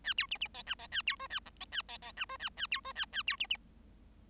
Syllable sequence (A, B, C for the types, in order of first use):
A B C C D E D A B F A G D A D D E F A A B F A A B C C